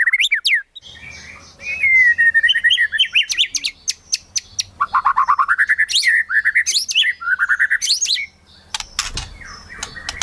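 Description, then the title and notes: White-rumped shama song mixing long whistles, swooping notes and sharp clicks in a busy, irregular sequence, with harsh crackling sounds near the end. Song used as a lure for trapping birds. "Pikat Murai Batu Durasi Panjang. Burung Murai Batu"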